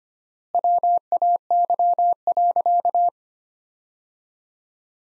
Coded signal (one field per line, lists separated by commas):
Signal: Morse code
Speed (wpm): 25 wpm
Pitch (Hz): 700 Hz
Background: none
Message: WAY.